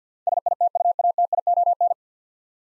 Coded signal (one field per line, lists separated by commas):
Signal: Morse code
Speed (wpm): 47 wpm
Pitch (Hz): 700 Hz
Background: none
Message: SITUATION